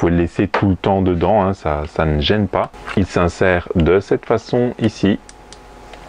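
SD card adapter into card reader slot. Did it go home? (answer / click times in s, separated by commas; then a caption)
yes / 5.5 s. A microSD card, left inside its SD adapter, is pushed into the built-in SD card reader of a small wireless transfer device while someone talks. After the speech, a sharp tick at 5.5 s marks the adapter clipping into the slot and seating, followed by a softer tick at 5.9 s.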